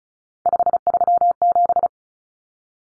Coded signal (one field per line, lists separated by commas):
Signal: Morse code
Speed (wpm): 34 wpm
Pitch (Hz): 700 Hz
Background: none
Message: 537